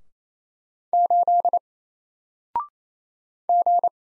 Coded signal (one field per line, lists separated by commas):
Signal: Morse code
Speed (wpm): 27 wpm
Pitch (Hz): 700 Hz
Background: none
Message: 8 G